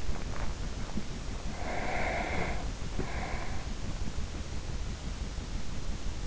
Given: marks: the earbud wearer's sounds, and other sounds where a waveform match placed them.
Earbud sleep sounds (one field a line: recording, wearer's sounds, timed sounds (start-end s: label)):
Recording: sounds in sleep by an in-ear microphone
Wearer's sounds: breath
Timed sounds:
1.32-4.14 s: breath